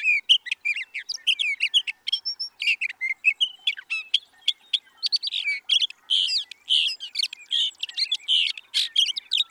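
Sage thrasher song, a hurried, run-on jumble of chirps, buzzy trills and whistled notes pouring out with only brief gaps.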